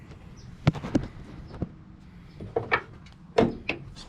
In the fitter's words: pops right in right there